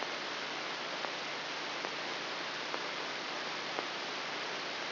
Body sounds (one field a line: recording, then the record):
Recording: brain microelectrode recording played as sound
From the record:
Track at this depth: inside the subthalamic nucleus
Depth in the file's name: 2.909 mm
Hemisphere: left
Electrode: 3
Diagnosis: Parkinson's disease